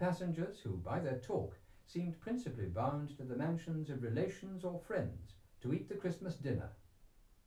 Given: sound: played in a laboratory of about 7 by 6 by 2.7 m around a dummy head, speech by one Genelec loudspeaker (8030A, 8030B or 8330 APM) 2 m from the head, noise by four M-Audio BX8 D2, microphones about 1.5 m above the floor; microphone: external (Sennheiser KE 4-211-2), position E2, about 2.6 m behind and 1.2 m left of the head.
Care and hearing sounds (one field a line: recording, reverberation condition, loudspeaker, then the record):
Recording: male speech in English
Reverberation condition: low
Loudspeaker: 120 degrees to the right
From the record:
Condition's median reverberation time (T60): about 310 ms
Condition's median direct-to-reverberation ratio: about 3.5 dB